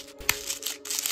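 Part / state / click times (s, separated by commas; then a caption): magazine into airsoft rifle magazine well / seated / 0.3 s. A magazine is inserted into the magazine well of an airsoft rifle and latches home with a sharp click at 0.3 s. Rustling and crinkling handling noise is heard before and after, along with a faint steady tone. The magazine is seated, and a BB feeds into the hop-up chamber.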